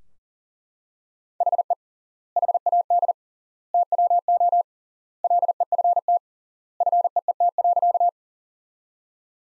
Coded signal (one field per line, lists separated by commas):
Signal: Morse code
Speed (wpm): 40 wpm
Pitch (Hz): 700 Hz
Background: none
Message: HE HAD TWO LEFT FEET.